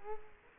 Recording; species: mosquito wingbeat signal from an infrared sensor; Culex quinquefasciatus